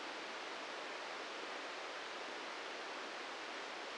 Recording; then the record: brain microelectrode recording played as sound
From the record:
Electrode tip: inside the subthalamic nucleus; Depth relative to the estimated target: 0 mm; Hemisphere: right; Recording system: NeuroSet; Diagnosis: Parkinson's disease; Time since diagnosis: 13 years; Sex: male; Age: 63 years